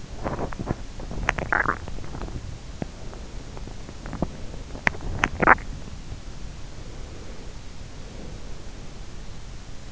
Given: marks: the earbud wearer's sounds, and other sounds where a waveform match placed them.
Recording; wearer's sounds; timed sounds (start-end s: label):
sounds in sleep by an in-ear microphone; teeth grinding
0.00-2.80 s: teeth grinding
3.81-5.91 s: teeth grinding